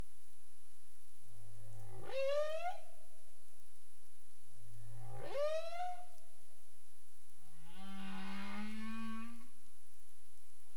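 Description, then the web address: Humpback whale calls, low moans sweeping up into rising harmonic whoops, followed by a longer rising groan with rich overtones, against steady underwater hiss. Caribbean, 27 April 2035, 22:29 UTC. "CARIMAM. humpback whale"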